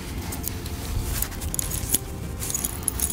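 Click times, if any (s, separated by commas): none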